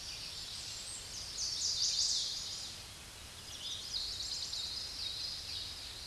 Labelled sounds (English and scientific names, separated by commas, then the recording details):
Chestnut-sided Warbler (Setophaga pensylvanica) song
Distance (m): 30 m
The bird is about 5 m above the microphone
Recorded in a Pennsylvania forest on 16 May 2024 at 07:03
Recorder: AudioMoth, point MSD-2007
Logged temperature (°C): 16.1 °C
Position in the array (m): 11 m, 20 m